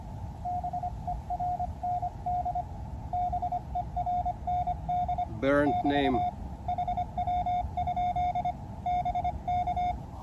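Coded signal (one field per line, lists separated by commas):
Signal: Morse code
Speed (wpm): 25 wpm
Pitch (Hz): 720 Hz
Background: speech, radio noise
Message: BERND BERND <BT> HW? BK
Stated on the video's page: Pedestrian-mobile QRP, 5 W, Elecraft KX2 with a 3 m whip on a backpack, including a summit-to-summit SOTA contact.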